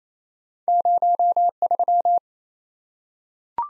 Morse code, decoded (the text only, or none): 03